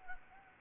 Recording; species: mosquito wingbeat signal from an infrared sensor; Anopheles gambiae